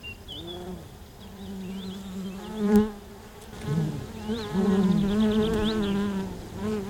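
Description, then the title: Honey bees buzzing, a low droning hum that swells and fades as bees pass. Domestic honey bees recorded at Buoux, Vaucluse, France, in May 2001. "Sylvain Jaskowiak - Animus. Abeilles domestiques - Buoux, Vaucluse - mai 2001"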